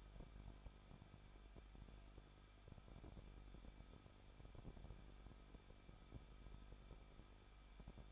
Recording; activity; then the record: daily activity, microphone in the room; no activity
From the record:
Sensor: 5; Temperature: 20.8 degrees Celsius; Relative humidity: 38.2%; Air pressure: 1006.6 hPa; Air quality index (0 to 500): 186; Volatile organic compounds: 18 ppm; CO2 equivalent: 2608 ppm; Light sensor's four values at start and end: 2/3/1/1 and 2/3/1/1